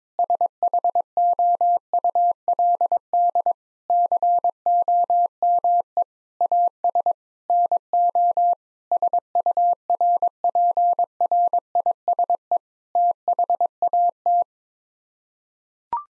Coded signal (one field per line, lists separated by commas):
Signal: Morse code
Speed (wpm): 22 wpm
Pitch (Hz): 700 Hz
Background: none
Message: SHOULD COME AS NO SURPRISE THAT